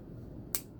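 A plastic handle, swapped from one side of an HG GN-005 Gundam Virtue Trans-Am Mode plastic model kit to the other, is pushed into its socket against a low, steady background hum. After some unsatisfying clicks, one sharp, bright click at 0.6 s seats the handle firmly in place.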